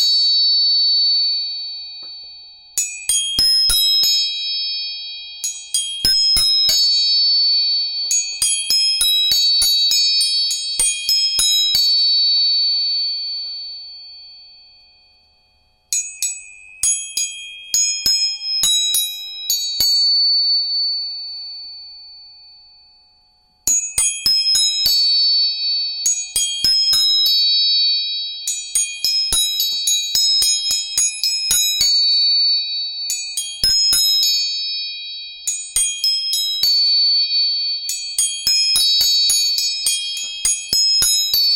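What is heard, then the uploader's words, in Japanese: Tuning forks are struck over and over, each tap a sharp metallic click that leaves a clear, bright, bell-like tone ringing and slowly fading. The strikes come in quick clusters with short pauses, and the ringing stops abruptly twice, near sixteen and twenty-four seconds. 音叉チューニング全体性。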